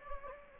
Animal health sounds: mosquito wingbeat signal from an infrared sensor; Anopheles gambiae

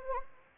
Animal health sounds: mosquito wingbeat signal from an infrared sensor; Anopheles gambiae

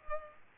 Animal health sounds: mosquito wingbeat signal from an infrared sensor; Culex pipiens

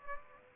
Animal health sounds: mosquito wingbeat signal from an infrared sensor; Aedes aegypti

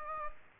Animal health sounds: mosquito wingbeat signal from an infrared sensor; Aedes aegypti

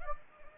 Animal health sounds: mosquito wingbeat signal from an infrared sensor; Anopheles gambiae

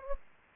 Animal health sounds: mosquito wingbeat signal from an infrared sensor; Anopheles gambiae

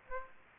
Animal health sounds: mosquito wingbeat signal from an infrared sensor; Aedes aegypti

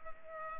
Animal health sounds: mosquito wingbeat signal from an infrared sensor; Culex pipiens

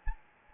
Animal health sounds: mosquito wingbeat signal from an infrared sensor; Anopheles gambiae

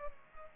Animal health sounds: mosquito wingbeat signal from an infrared sensor; Culex pipiens

